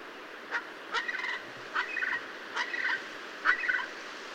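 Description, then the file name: White eared pheasant calls, short harsh grating bursts given about five times, some doubled into stuttering phrases, spaced under a second apart over a quiet hiss. "Golosa ptic - Belyj ushastyj fazan Crossoptilon crossoptilon"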